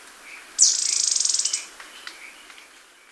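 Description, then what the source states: Cinnamon flycatcher call: a single high, thin pulsed trill lasting about one second, fading at the end, with faint soft notes from other birds around it. Recorded in Ecuador.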